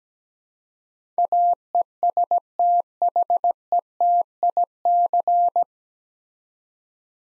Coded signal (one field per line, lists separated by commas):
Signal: Morse code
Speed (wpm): 17 wpm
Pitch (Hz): 700 Hz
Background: none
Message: AESTHETIC